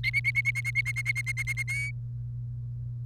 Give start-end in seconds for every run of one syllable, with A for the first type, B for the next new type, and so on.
0.04-1.63 A, 1.68-1.91 B